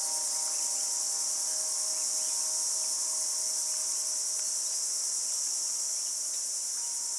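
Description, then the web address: Cricket chorus, a constant high shimmering trill, with soft sustained ringing tones beneath it. Australian bush, morning. "Australian Nature Sounds - Crickets Tropical Birds Morning Birds Bird Calls"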